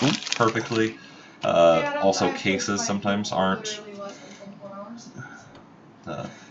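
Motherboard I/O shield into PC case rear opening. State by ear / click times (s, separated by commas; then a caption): not seated / none. Someone talks while handling a motherboard rear I/O shield at the PC case's rear opening, where it is pressed in corner by corner. Speech dominates, with brief quieter gaps in between. Nothing has seated or clicked yet.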